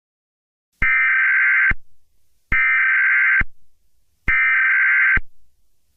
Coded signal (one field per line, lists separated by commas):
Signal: Emergency Alert System (SAME) tones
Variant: header bursts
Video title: EAS Scenario #10: The Verneshot